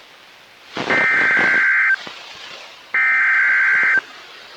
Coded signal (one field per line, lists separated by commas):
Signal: Emergency Alert System (SAME) tones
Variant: header bursts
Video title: A Compilation Of Eas Alerts From 1/10/2020: EAS 1 Through 12